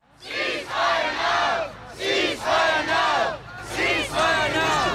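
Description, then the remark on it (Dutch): A crowd of over 100 pro-Palestinian protesters outside the Peace Palace in The Hague chants "Ceasefire now" in unison, loud repeated phrases in a steady two-beat rhythm, with brief dips between each shouted line. “Dat wordt er hier geroepen door de pro-Palestijnse demonstranten.”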